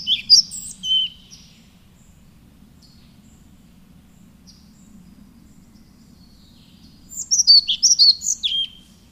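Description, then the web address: European pied flycatcher song: a short burst of high whistles at the start, a long pause, then a fuller phrase of quick sweet notes dropping in pitch. "agykontroll Madardalok Cd 1. Kormos légykapó"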